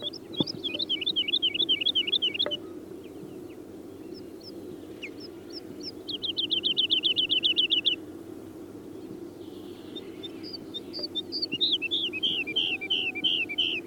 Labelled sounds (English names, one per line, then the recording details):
Wood Lark song
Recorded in the wild
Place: Carpin, Mecklenburg-Vorpommern, DE
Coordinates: 53.359, 13.245
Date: 1980-04-13
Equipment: Nagra III BH, Sennheiser MD 21, parabola
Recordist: Schubert, Michael